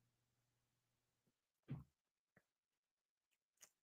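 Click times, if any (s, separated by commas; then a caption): none. A line-through swimbait's soft plastic body is handled against its weighted head, with a low hum fading out by 1.3 s, a soft thump near 1.7 s and a few brief taps and ticks at about 1.3, 2.4, 3.3 and 3.6 s. Nothing has seated or clicked into the head yet.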